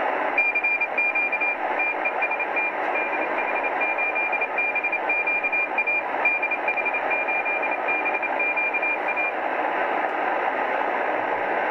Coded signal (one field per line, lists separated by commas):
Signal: Morse code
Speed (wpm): 28 wpm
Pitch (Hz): 2400 Hz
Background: radio noise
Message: CQ TEST DH8BQA DH8BQA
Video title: 28.007 KhZ CW DH8BQA (Germany)